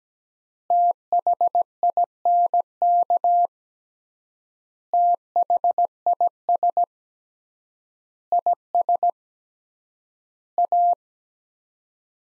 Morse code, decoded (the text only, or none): THINK THIS IS A